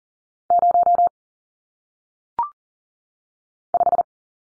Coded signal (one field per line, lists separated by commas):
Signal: Morse code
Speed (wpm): 40 wpm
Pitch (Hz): 700 Hz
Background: none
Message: 0 5